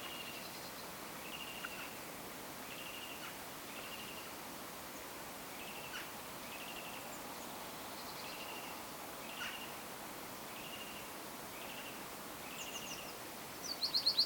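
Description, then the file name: Eurasian wren calls: short, dry rattled notes repeated roughly once a second over a steady background hiss, with a few high, thin notes near the end. "Troglodytes troglodytes"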